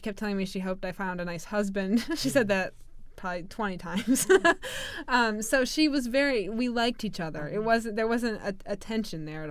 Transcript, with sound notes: She kept telling me she hoped I found a nice husband. (she laughs) She said that probably twenty times. (she laughs) So she was very, we liked each other. It was, there wasn't a tension there at all.